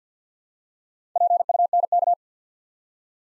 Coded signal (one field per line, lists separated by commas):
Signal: Morse code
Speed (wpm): 50 wpm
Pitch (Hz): 700 Hz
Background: none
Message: PUNK